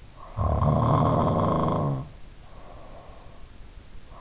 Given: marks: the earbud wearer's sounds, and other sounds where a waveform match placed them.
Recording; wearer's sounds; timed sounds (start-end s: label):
sounds in sleep by an in-ear microphone; snoring breath
0.38-3.46 s: snoring breath